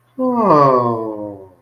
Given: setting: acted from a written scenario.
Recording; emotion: vocal sound without words; sympathy